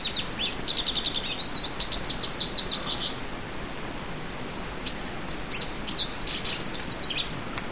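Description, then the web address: Olivaceous siskin song: a fast, high, jumbled twitter of trills and squeaky notes for three seconds, then a softer, scattered second phrase. South America. "Natures Songs S America Olivaceous Siskin"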